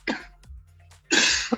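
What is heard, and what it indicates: Adult male with a hoarse voice. Slight cough.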